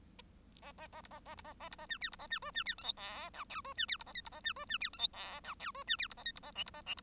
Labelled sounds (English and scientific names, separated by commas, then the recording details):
Bengalese Finch (Lonchura striata domestica) song
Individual Bird1